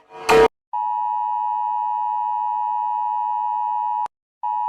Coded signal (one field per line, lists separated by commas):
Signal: Emergency Alert System (SAME) tones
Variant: 853 and 960 Hz attention tone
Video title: Rating EAS Alarms (Part 1)